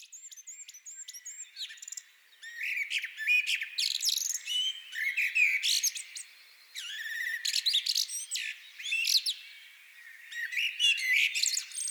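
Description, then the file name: Common blackbird song: a run of high, thin repeated notes, then varied warbled and twittering phrases in bursts with short pauses between them. "Turdus merula"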